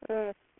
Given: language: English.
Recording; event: throat vibration sensor signal played as sound; speech